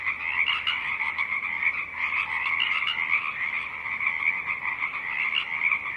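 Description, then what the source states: Many Pacific chorus frogs croaking together, a steady, busy wall of ratchety calls with small rises in loudness. Pacific chorus frogs in a 24-hour Earth Day soundscape from Tectexan Marsh, unceded Wasanuk Territory, Saturna Island, British Columbia; song rising and falling above a stiff breeze.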